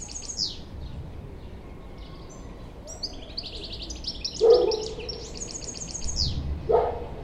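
European Goldfinch giving high, tinkling twittered calls in short bursts, with a few duller lower thumps and steady background noise.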